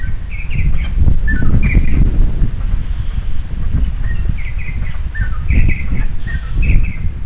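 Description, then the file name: Greater racket-tailed drongo calls: short whistled notes and downslurred chirps repeated throughout, over heavy low-pitched background rumble. "Greater racket-tailed drongo - Dicrurus paradiseus"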